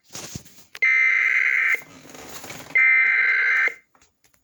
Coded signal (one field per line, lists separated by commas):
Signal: Emergency Alert System (SAME) tones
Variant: header bursts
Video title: EAS #357 - Flood Warning - NEW FORMAT (WTGR)